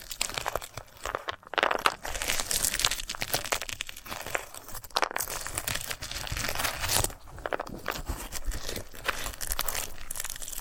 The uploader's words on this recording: ASMR of a Sunflower Head (No Talking).